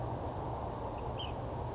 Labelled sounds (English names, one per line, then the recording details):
Ash-throated Flycatcher
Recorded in Sonoma County, California